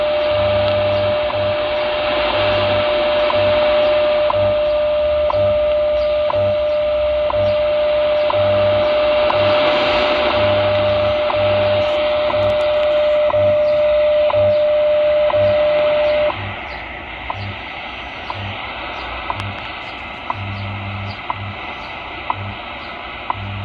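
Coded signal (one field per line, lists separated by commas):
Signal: radio time signal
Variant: WWV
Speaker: so anyways uh wwv 15 megahertz this is with the h501x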